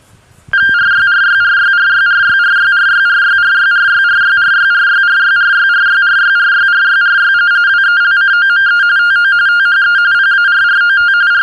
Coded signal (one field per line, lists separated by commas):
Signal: RTTY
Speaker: of course, for those of you watching this on YouTube, you could try decoding it.